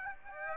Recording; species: mosquito wingbeat signal from an infrared sensor; Aedes aegypti